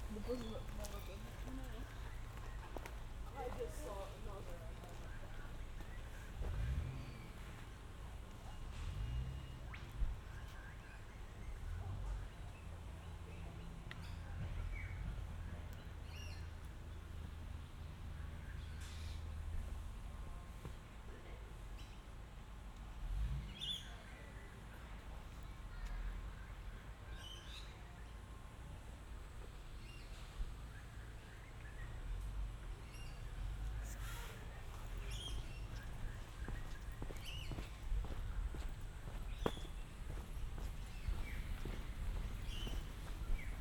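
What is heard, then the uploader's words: A short walk through a forest, with a steady low rumble underneath and scattered bird calls and chirps throughout. Footsteps and small rustles come and go, a few crow-like caws appear, and faint voices or a vehicle murmur hang in the background. A short walk through the forest in Walkabout creek, around 12 Kilometers outside Brisbane. There's plenty of nature sounds, and some other signs of human activity too.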